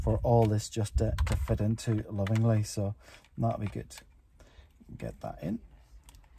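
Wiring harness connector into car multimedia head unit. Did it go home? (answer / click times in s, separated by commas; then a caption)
yes / 6.1 s. Someone talks while a plastic wiring harness connector is pushed into the housing behind a new multimedia head unit in the dashboard of a Mercedes Sprinter camper van. A short, sharp click is heard at 6.1 s, followed by a couple of fainter ticks, and the connector is seated.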